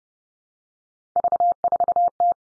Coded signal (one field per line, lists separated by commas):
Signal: Morse code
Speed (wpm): 30 wpm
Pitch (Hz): 700 Hz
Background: none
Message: V4T